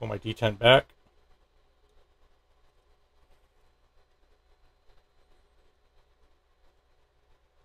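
Someone briefly talks while pulling the detent back with a pick as the trigger part, a fin with a notch, is pushed into the frame of a CZ 75 SP-01 pistol during a trigger replacement. After the talking, only faint, quiet handling sounds follow for the rest of the clip. Nothing has seated or clicked into place yet.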